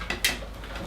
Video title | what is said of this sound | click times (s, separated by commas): Eigenharp Tau from scratch 1: Connecting everything up | the base station and you hear a click means that it's connected so now actually the cable can't be pulled out | 0.2 s